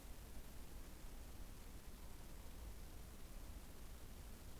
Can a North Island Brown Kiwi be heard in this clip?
no